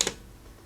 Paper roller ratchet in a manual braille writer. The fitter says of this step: just want this in very gently and you'll hear it go click once if you don't hear it it actually will go click